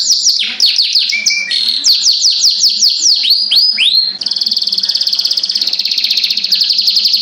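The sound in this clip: Oriental magpie-robin song, a fast run of bright descending whistled notes, then a long steady rapid trill, with a faint low hum beneath.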